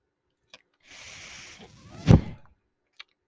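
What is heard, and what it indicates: Breath cycle of a person's own home mechanical ventilator: a steady hiss of airflow, then a louder, low-pitched whooshing thump, with short soft clicks before and after.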